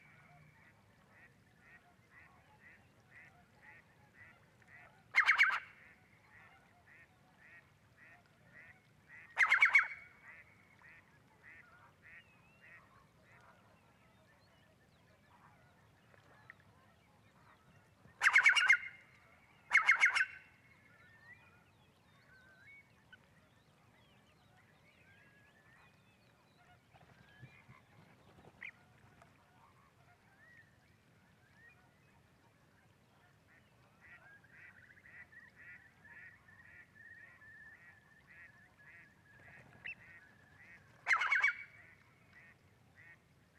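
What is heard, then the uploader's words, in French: Flamingos give five loud honking calls at spring night, over a steady rapid ticking chorus and a low continuous rumble. Digue à la mer - La Gacholle - Mixp3 - cardio Mkh8040.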